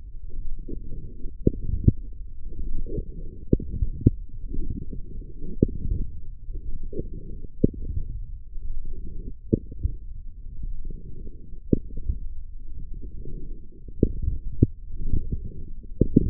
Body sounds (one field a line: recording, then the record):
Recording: forearm muscle sounds (acoustic myography)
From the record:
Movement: forearm pronation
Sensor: system 1, eight BSWA MPA416 microphones around the upper forearm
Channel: 5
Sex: female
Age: 22 years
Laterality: right